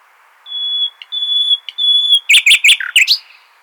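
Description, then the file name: Common nightingale song opening with three long, pure, level whistles, then breaking into loud harsh chattering notes. "Luscinia megarhynchos"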